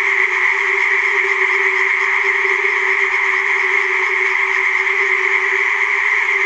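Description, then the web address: Tree frog chorus, a dense, continuous wall of sound from many frogs, steady and unbroken throughout. Chorus of tree frogs in a forest. "Tajemnice puszczy Koncert rzekotek"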